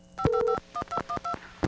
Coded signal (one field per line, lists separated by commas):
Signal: DTMF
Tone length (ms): 80 ms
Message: 5551212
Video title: USTel-Model 5 (Contessa) Rotary Dial Housing with 581 W.E. Network - Still for Sale!